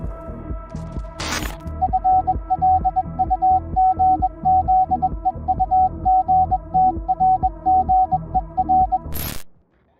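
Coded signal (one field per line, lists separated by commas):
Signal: Morse code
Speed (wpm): 21 wpm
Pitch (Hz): 750 Hz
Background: none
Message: FLUGZEUGTRGER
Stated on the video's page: Morse code message in a World of Warships Legends update tease.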